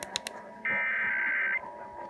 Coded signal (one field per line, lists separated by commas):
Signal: Emergency Alert System (SAME) tones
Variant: header bursts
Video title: NJ Required Monthly Test (6/19/19)